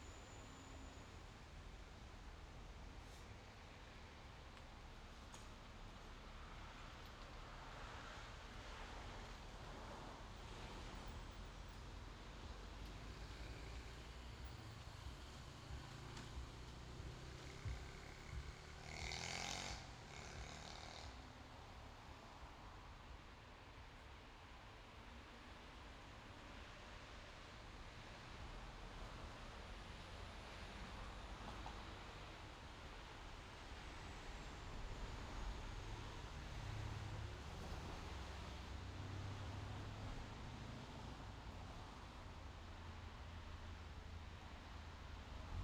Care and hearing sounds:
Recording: everyday scene through a hearing-aid microphone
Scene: in traffic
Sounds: traffic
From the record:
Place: main road on the outskirts, rush hour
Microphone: in the ear canal, left

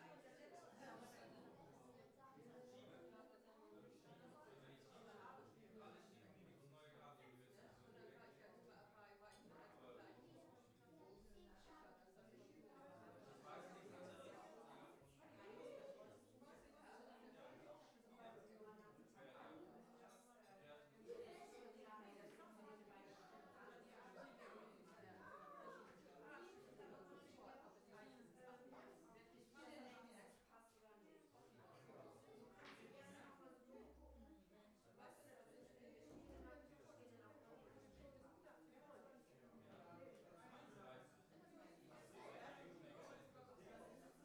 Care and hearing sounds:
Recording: everyday scene through a hearing-aid microphone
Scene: many people talking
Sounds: many voices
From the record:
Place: parish hall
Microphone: behind the ear, right, rear

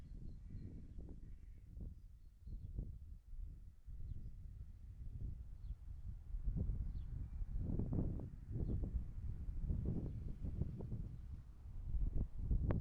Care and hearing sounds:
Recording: everyday scene through a hearing-aid microphone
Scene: wind on the microphone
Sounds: wind, traffic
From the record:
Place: in front of a rural house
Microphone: behind the ear, right, rear

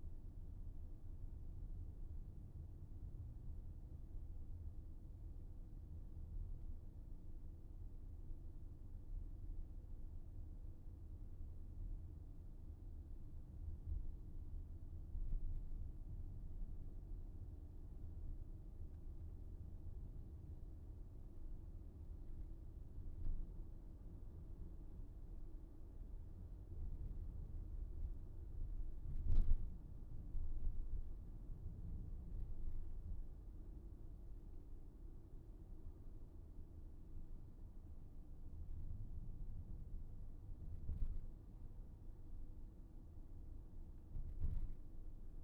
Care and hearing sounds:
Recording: everyday scene through a hearing-aid microphone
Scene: in a vehicle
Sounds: engine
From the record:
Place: VW T5 Caravelle, diesel engine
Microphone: behind the ear, right, rear

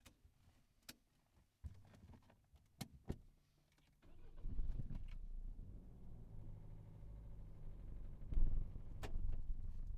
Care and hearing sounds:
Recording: everyday scene through a hearing-aid microphone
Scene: in a vehicle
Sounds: other noises, engine starting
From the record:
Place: Berlingo II, diesel engine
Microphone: behind the ear, right, front

